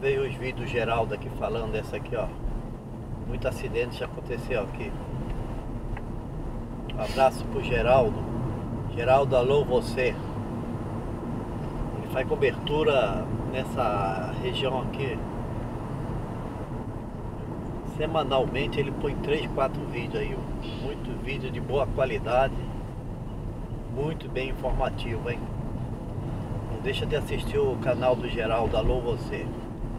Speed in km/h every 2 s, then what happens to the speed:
46, 49, 52, 56, 58, 60, 62, 66, 62, 49, 45, 48, 51, 52, 50.
0-14 speeds up to 66. 14-19 brakes to 45.